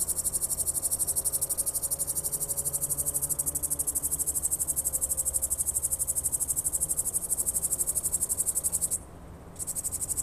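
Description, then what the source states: Eastern bush-cricket song: continuous, high, fast rhythmic pulsing, with a brief break near the end before resuming. Heard on Siikalahti shores in warm autumn, even into October; falls silent in early morning as air cools; introduced, settled near south-eastern border; poor flier, walks and climbs, hides by day.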